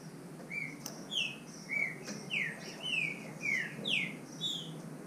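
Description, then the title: Green-winged saltator song: a steady series of short, falling whistled slurs. Bird named Nicão in the bush (mato), competing in song with a free bird. "Trinca Ferro NICÃ O"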